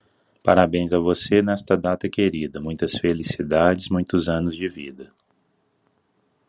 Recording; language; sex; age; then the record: short text; Brazilian Portuguese; male; 40 to 49 years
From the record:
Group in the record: control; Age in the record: 40 years